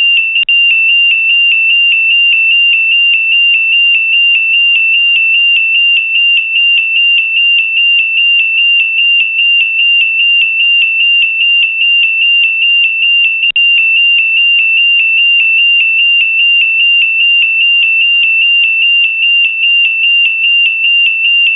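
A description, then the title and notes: A control room alarm sounds continuously as a single high, piercing tone that never changes pitch. The loudness stays nearly constant, broken only by rapid, regular tiny dips that give it a faint pulsing edge, with a brief hiccup around thirteen seconds. ESA control room alarm - Rosetta. One of the audible alarm sounds used in the Main Control Room and in mission-specific Dedicated Control Rooms, at ESOC, ESA's space operations centre, Darmstadt, Germany. This sound is used by Rosetta.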